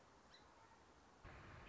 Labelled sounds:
Song Sparrow (Melospiza melodia)
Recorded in Sonoma County, California

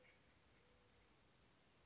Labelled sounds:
California Towhee (Melozone crissalis)
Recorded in Sonoma County, California

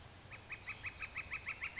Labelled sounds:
Northern Flicker (Colaptes auratus)
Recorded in Sonoma County, California

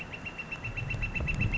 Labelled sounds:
Northern Flicker (Colaptes auratus)
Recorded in Sonoma County, California

